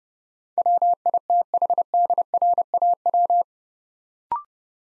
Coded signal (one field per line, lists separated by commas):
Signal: Morse code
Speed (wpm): 28 wpm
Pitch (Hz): 700 Hz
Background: none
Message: WITHDRAW